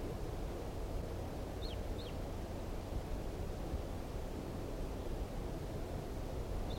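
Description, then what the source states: Red crossbill calls: a quick pair of sharp downslurred chips, then one more near the end, over constant low wind-like rumble. Wild type 2 bird, recorded at 5:21.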